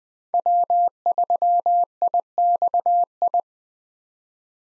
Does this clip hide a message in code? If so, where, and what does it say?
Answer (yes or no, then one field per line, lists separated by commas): yes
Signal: Morse code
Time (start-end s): 0.3-3.4 s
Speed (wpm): 20 wpm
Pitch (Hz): 700 Hz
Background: none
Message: W3IXI